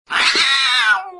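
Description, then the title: Domestic cat giving a single drawn-out meow of about one second, bright and harmonic, tailing off into a lower fading tone. "kucingku"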